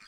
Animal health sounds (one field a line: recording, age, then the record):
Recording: pig call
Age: piglet (1 to 25 days)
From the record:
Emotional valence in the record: positive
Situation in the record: short reunion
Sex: female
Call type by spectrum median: high-frequency call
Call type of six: low-frequency tonal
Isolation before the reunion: 3 minutes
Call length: 0.08 s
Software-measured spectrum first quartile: 1776 Hz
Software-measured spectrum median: 2806 Hz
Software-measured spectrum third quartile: 4832 Hz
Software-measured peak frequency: 2389 Hz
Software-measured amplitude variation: 12 dB a second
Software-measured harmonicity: 1.1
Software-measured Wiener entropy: -1.57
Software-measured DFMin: 1027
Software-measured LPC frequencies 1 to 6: 1344, 1765, 2371, 3303, 4348, 4851 Hz